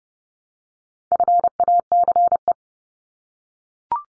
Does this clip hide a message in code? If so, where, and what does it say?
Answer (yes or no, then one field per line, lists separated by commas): yes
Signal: Morse code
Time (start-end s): 1.1-2.5 s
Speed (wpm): 30 wpm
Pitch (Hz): 700 Hz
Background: none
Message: FACE